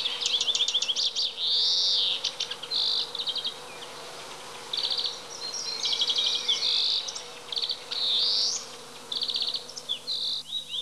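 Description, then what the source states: European greenfinch song: rapid high trills and chirps mixed with drawn-out wheezing notes, delivered in bursts with quieter gaps. Song; said to be easy to recognise by its characteristic call.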